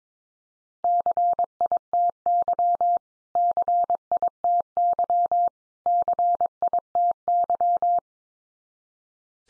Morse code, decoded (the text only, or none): CITY CITY CITY